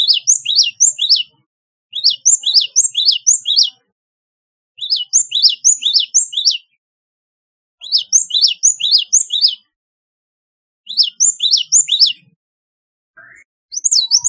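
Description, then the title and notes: Java sparrow giving repeated bursts of sharp, high chirping notes, each run lasting over a second and returning roughly every three seconds. "Kicau Burung Gelatik"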